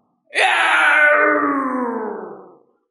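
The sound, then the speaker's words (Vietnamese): A winged beast, its belly pierced by a spear, gives a single long, harsh scream that starts loud and high, then slowly slides downward in pitch and fades over about two seconds, strained and wailing, with no other sounds. “Đầu sông đầu lân chuẩn phát ra một tiếng hét dài, cả người nặng nề rơi xuống dưới, nhưng lại rất nhanh bay lên, vỗ hai cánh bay về phía xa.”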